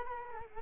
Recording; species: mosquito wingbeat signal from an infrared sensor; Culex quinquefasciatus